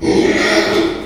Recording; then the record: squeal of a Yucatan mini pig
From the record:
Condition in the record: after surgery on the right vocal fold (resection and tissue-engineered implant); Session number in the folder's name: 2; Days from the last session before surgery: 13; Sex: male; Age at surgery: 12 weeks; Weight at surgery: 13 kg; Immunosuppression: cyclosporine, prednisolone